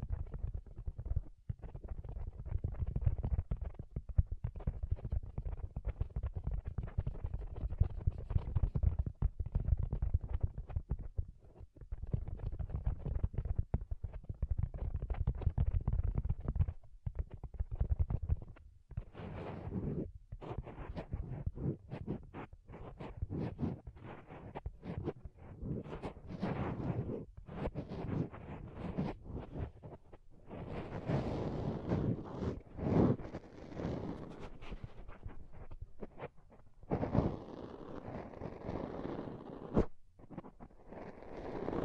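Soft, fluffy triggers rub and brush close to the mic: low muffled rumbling at first, turning brighter and scratchier after twenty seconds, with brief pauses.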